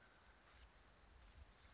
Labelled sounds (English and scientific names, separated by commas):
Oak Titmouse (Baeolophus inornatus)